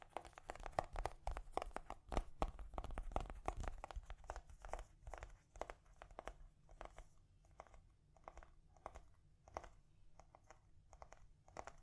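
Gentle tapping with crisp, clicky strikes in an irregular rhythm. The taps come thick and fast for the first few seconds, then thin out and soften for the rest, spaced apart with small pauses. A low, steady rumble sits underneath throughout.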